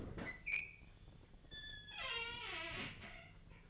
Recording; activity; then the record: daily activity, microphone in the room; open fridge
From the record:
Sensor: 4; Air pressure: 1010.5 hPa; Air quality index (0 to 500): 177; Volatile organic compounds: 5 ppm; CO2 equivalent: 1793 ppm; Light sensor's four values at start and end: 33/97/38/39 and 28/85/33/34